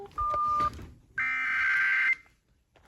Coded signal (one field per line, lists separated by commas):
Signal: Emergency Alert System (SAME) tones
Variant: header bursts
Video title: (ARCHIVED) Well this was unexpected.. (EAS Alerts #62-67)